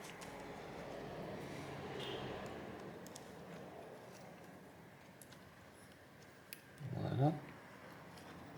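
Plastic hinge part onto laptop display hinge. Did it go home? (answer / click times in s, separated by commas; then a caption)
no / none. During a screen display assembly replacement on an Acer Aspire 3 Spin 14 A3SP14-31 laptop, a small plastic hinge part is lined up above its mount on the display hinge and pushed down while someone talks. Faint handling ticks come at about 3.1, 5.2 and 6.5 s, then a louder low rustling thump swells around 7.0–7.3 s. Nothing has clicked or seated yet when the clip ends.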